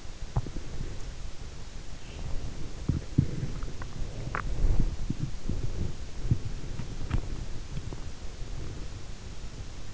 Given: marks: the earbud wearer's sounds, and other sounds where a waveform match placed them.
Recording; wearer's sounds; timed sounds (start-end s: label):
sounds in sleep by an in-ear microphone; body movement
0.00-9.25 s: body movement